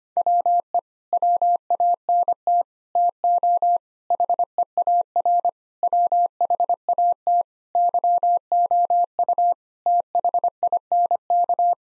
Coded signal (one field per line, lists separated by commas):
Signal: Morse code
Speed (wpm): 25 wpm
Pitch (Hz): 700 Hz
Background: none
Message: WE WANT TO HEAR WHAT YOU THINK